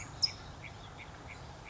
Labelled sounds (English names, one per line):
California Towhee